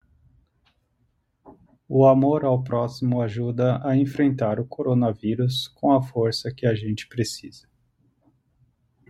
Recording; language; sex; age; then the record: spoken sentence; Brazilian Portuguese; male; 30 to 39 years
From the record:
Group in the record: control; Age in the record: 35 years